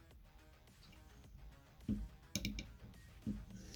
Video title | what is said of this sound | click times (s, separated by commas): Hot Wire CNC - Complete Build & First Cuts | and they all snap right into place | 2.4 s